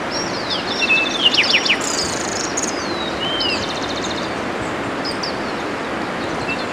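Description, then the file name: Bird calls: a brief whistle and burst of sharp chirps early on, then fainter trills, against steady hissing noise. "SABIOD 50 bird 2015"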